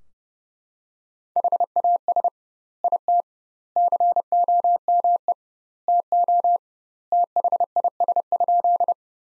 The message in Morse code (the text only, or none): HAS IT COME TO THIS?